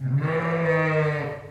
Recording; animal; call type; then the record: contact call of a hoofed animal; sheep; low-frequency (closed-mouth) or high-frequency (open-mouth) call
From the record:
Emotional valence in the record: negative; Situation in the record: short social isolation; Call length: 1.51 s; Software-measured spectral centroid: 1350 Hz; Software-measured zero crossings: 1380 a second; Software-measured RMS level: -24 dBFS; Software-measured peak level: -11 dBFS